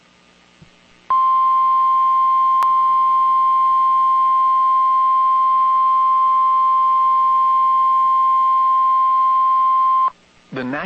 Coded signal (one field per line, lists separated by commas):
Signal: Emergency Alert System (SAME) tones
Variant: 1050 Hz attention tone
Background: speech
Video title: SVR Including Winona MN EAS #150